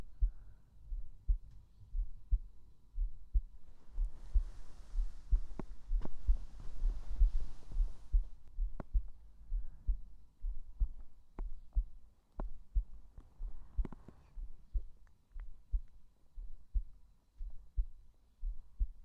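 Steady low thumps at about 62 beats a minute, with a regular rhythm and no added sounds between beats. This is an ordinary adult woman's own heartbeat, picked up by a microphone held directly on the chest over the heart. A brief patch of rubbing hiss is heard in the middle.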